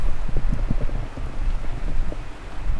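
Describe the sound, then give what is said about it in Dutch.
Strong wind buffets the microphone, producing a loud, continuous low rumble with irregular gusty thumps and flutters throughout, with no voices present. “Het waait wel wat hard.”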